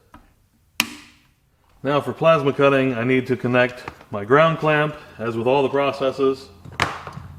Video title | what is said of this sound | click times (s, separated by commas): YesWelder Firstess™ MP200 5-In-1 Welder & Cutter : MIG, TIG, Flux-Core, MMA & Plasma Cutting Review | then i just push this back down until it snaps | 0.8 s